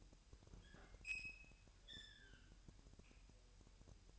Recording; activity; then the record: daily activity, microphone in the room; open fridge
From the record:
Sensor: 2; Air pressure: 1001.8 hPa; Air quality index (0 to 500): 249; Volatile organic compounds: 39 ppm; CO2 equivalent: 3139 ppm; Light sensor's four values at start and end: 8/28/11/10 and 8/28/11/10